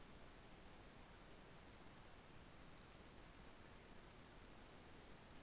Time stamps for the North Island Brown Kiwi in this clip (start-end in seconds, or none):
none